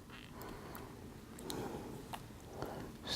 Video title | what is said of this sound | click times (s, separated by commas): How to change the battery on your g shock watch | not seated good I think it just pops in but I don't want to force it | none